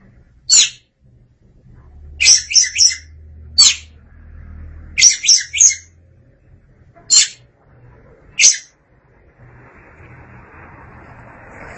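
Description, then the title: Oriental magpie-robin song of sharp high notes and short triple bursts, spaced by pauses, ending in soft background hiss. Kacer song. "Suara Kicauan Burung Kacer"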